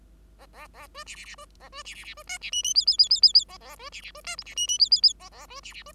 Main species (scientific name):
Lonchura striata domestica